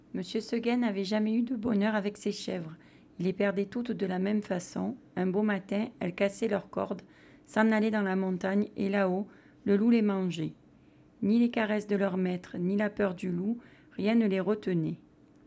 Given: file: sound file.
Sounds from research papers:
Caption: Voice recording during reading one year after stromal vascular fraction injection: the voice is less hoarse and more stable, without breathiness.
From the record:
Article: Autologous adipose-derived stromal vascular fraction and scarred vocal folds: first clinical case report

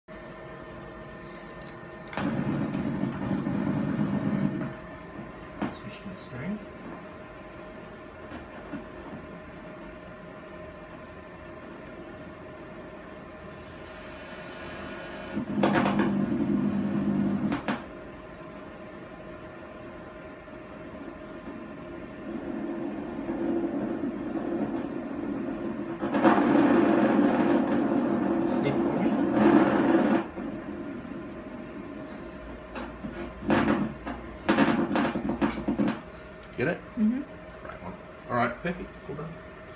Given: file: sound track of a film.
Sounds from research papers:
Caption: Trans-airway injection approach to the PCA muscle for ABLD. The injector looks and listens for the airway microphonic (a loud buzzing sound) and distortion of the EMG signal, indicating that the needle has entered the airway.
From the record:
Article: Botulinum Neurotoxin Therapy in the Clinical Management of Laryngeal Dystonia

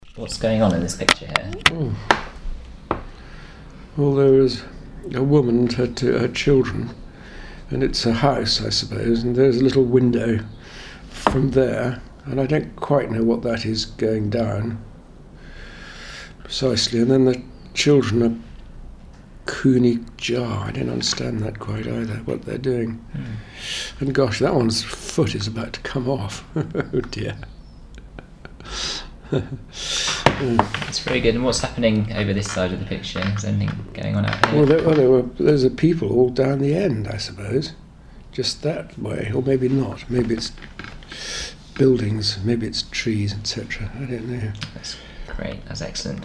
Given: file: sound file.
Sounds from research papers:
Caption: In striking contrast to nfvPPA, patients with svPPA exhibit well structured, well articulated language that is relentlessly bereft of substance. Numerical and geographical references (times, dates, distances, quantities, locales) may ‘scaffold’ the patient’s conversation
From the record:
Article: Primary progressive aphasia: a clinical approach

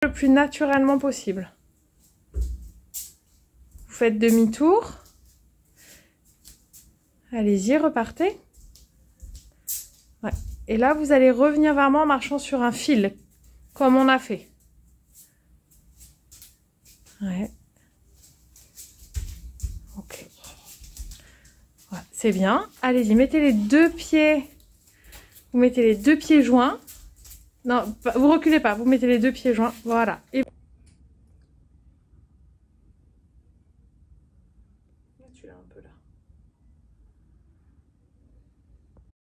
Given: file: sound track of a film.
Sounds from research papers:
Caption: Video illustrating the neurological phenotype of the patient, at day 2 of hospitalisation. On admission, he had a static cerebellar syndrome with ataxic gait, unsteady tandem gait, ataxic dysarthria and nausea associated with impairment of short-term memory with fluctuating attention.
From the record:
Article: Is ethyl chloride the new nitrous oxide? A case report

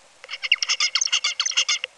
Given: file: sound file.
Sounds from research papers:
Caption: Tutor song.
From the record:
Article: Common Features of Neural Activity during Singing and Sleep Periods in a Basal Ganglia Nucleus Critical for Vocal Learning in a Juvenile Songbird

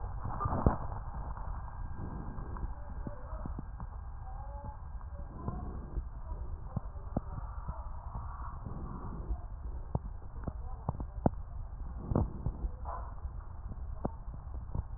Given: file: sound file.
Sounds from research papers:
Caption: Two respiratory medicine physicians separately listened to the recordings and characterized them as follows: (5) coarse crackles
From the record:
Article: Back to the future: the novel art of digital auscultation applied in a prospective observational study of critically ill Covid-19 patients

